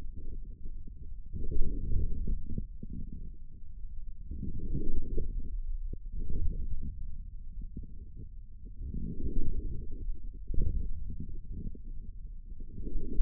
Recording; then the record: forearm muscle sounds (acoustic myography)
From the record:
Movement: forearm supination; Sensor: system 1, eight BSWA MPA416 microphones around the upper forearm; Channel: 5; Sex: male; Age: 41 years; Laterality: right